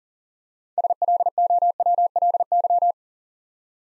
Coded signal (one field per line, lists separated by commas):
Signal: Morse code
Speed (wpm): 41 wpm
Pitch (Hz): 700 Hz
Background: none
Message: SLOWLY